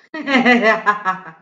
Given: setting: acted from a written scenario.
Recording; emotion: vocal sound without words; triumph